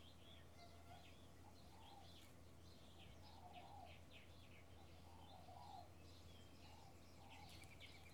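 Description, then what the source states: Birds: mixed birdsong with high chirps throughout and softer lower phrases, a steady low hum underneath. Bird ambience in a field in the early morning with a slight breeze.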